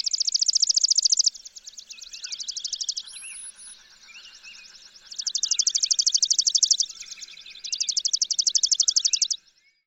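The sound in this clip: Chipping sparrow singing long, even, rattling trills of fast chips, several in a row, with a brief high thin whistle and fainter trilling birds behind.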